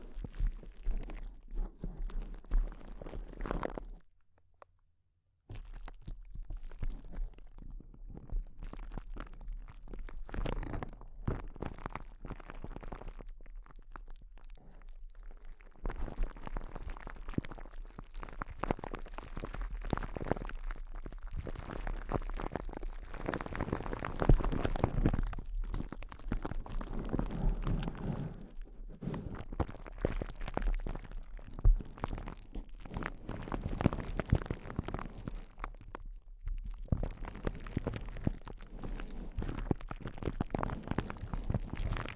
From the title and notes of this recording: ASMR Intense Close-Up Crinkles (No Talking).